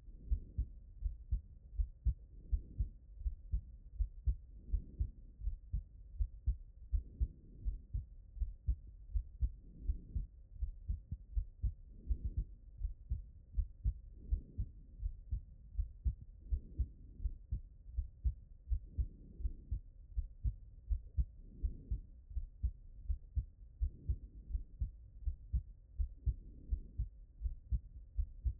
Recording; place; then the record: heart sounds by stethoscope; pulmonary valve (PV)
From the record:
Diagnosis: non-HFrEF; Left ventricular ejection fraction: 45%